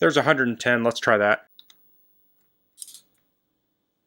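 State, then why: Torque reached. Someone talks, then a Vanpo 1/4 inch drive click torque wrench set to 110 inch-pounds tightens a bike fastener, which turns just slightly. At 2.8 s the wrench breaks over with a short, sharp click, reaching its set torque.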